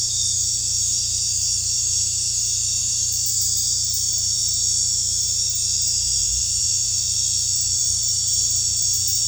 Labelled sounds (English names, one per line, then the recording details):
none
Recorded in dense forest near Puerto Asís, Putumayo, Colombia, on 18 December 2024 at 19:00
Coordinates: 0.467, -76.328
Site GP05